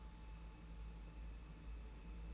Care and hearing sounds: daily activity, microphone in the room; take from stove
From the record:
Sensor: 1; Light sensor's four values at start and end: 21/74/29/29 and 21/74/29/29

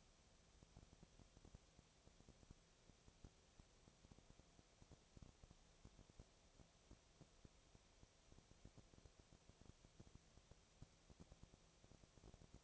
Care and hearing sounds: daily activity, microphone in the room; no activity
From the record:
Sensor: 1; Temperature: 19.6 degrees Celsius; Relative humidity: 36.4%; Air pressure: 997.0 hPa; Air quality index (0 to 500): 204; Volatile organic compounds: 127 ppm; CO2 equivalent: 3912 ppm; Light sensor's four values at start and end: 1/2/1/1 and 1/2/1/1

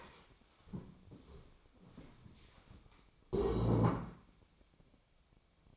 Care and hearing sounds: daily activity, microphone in the room; stand up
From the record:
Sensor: 1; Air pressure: 1000.5 hPa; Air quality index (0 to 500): 174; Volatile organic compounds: 4 ppm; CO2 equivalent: 1618 ppm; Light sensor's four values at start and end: 11/27/11/13 and 11/27/11/13

